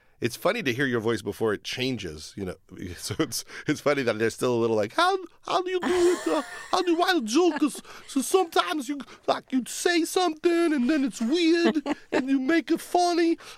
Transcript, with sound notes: It's funny to hear your voice before it changes, you know? So it's funny that there's still a little like, (imitating 15-year-old voice) how do you do it? How do you write jokes? So sometimes, like, you'd say something and then it's weird and you make it funny.